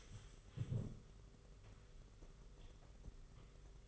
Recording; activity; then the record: daily activity, microphone in the room; stand up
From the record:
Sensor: 4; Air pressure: 991.3 hPa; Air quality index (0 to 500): 138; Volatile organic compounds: 56 ppm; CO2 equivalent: 3370 ppm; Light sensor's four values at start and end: 24/78/29/30 and 24/78/29/30